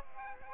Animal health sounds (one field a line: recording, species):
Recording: mosquito wingbeat signal from an infrared sensor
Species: Aedes aegypti